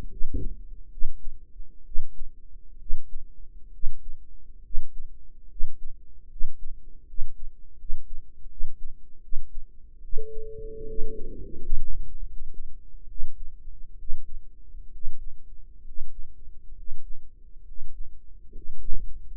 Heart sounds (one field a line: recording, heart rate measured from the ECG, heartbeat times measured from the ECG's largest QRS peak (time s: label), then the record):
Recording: heart sounds by microphone in the right ear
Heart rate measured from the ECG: 72 bpm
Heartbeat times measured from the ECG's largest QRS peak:
0.08 s: heartbeat
0.89 s: heartbeat
1.83 s: heartbeat
2.76 s: heartbeat
3.69 s: heartbeat
4.60 s: heartbeat
5.46 s: heartbeat
6.26 s: heartbeat
7.03 s: heartbeat
7.74 s: heartbeat
8.46 s: heartbeat
9.18 s: heartbeat
9.99 s: heartbeat
10.83 s: heartbeat
11.57 s: heartbeat
12.23 s: heartbeat
13.06 s: heartbeat
13.95 s: heartbeat
14.87 s: heartbeat
15.79 s: heartbeat
16.70 s: heartbeat
17.60 s: heartbeat
18.47 s: heartbeat
19.32 s: heartbeat
From the record:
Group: healthy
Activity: rest 0-10 s, Valsalva maneuver 10-19 s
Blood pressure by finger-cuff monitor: 118/65 mmHg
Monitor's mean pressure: 86 mmHg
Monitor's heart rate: 70 bpm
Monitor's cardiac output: 6.8 L/min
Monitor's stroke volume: 88 mL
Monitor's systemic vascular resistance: 870 dyn s/cm5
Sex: female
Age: 23 years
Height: 160 cm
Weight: 50.4 kg